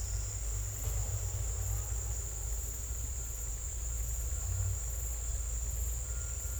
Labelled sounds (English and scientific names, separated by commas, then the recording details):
none
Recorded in secondary vegetation near Puerto Asís, Putumayo, Colombia, on 21 December 2024 at 16:30
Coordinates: 0.468, -76.324
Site G095